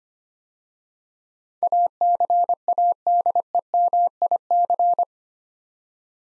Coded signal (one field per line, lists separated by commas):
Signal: Morse code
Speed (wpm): 25 wpm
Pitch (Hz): 700 Hz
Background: none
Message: ACADEMIC